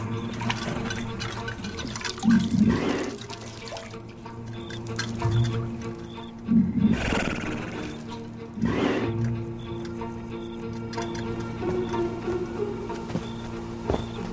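A camel drinks water, with three loud, wet slurping gulps spaced a few seconds apart over a steady low droning background and faint dripping between them.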